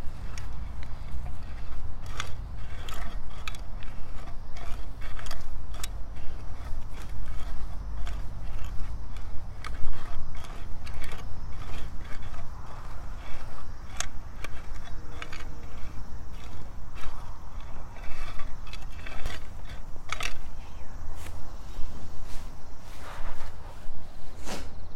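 Weeding between carrot rows with a hoe and clippers on a late-summer morning. Sharp scraping and snipping clicks come irregularly every second or so, some louder around the middle and near the end, over a steady low rumble throughout.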